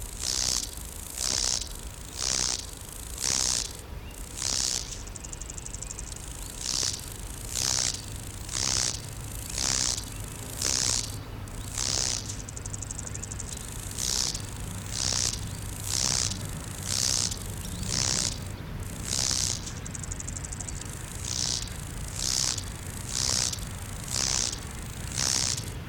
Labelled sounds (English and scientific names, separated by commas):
Lesser Marsh Grasshopper (Chorthippus albomarginatus) stridulation